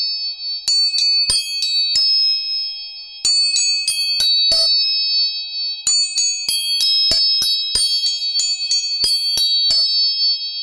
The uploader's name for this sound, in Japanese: 音叉チューニング